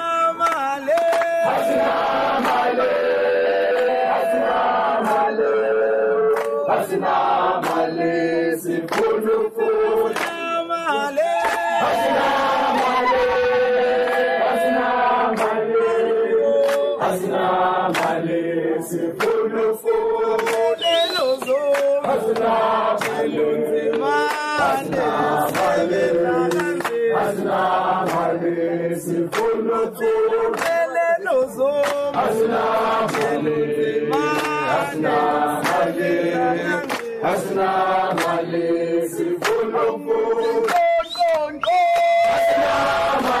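Students chant names of struggle heroes together, many voices singing in sustained, rising and falling lines. Sharp rhythmic claps or beats punctuate the chant regularly, and the group keeps up a steady, full level for the whole stretch without pause.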